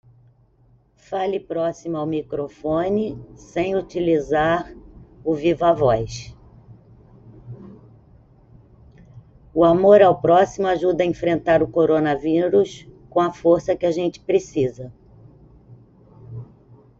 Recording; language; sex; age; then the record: spoken sentence; Brazilian Portuguese; female; 50 to 59 years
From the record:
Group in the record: control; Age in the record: 56 years